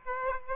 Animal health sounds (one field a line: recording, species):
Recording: mosquito wingbeat signal from an infrared sensor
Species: Aedes aegypti